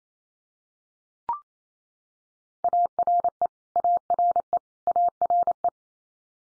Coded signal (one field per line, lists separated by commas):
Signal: Morse code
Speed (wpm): 28 wpm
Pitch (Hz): 700 Hz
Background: none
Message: ARE ARE ARE